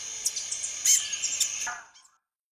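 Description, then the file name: Rufous-headed tanager song: high, thin sibilant notes with a few sharper accents, ending abruptly after about two seconds. "canto da saira ferrugem"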